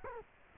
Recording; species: mosquito wingbeat signal from an infrared sensor; Culex quinquefasciatus